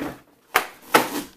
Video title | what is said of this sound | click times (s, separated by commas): Top Registry Picks l My Stroller and Car seat *Featuring Milk Snob* | and you hear that it clicked in so it's not going to go anywhere it's definitely | 0.6 s, 1.0 s